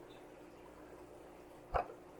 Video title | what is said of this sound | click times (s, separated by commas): The FX6 Killer? Not Even Close. SunSun HW-5000 Canister Filter Review | so if i do it correctly and i'll feel it snap in place | 1.8 s